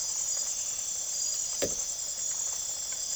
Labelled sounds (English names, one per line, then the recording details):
none
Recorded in secondary vegetation near Puerto Asís, Putumayo, Colombia, on 25 June 2025 at 00:00
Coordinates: 0.489, -76.322
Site G021